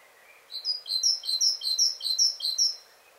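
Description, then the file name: Great tit giving a rapid string of bright, high notes in steady succession. "Parus major"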